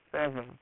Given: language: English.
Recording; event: throat vibration sensor signal played as sound; speech